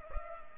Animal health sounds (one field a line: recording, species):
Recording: mosquito wingbeat signal from an infrared sensor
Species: Culex pipiens